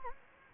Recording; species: mosquito wingbeat signal from an infrared sensor; Anopheles gambiae